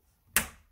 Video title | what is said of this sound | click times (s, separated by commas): Doorbell transformer for Google/Ring installed in consumer unit | you can just give it a nice little click and then now it's fully supported | 0.4 s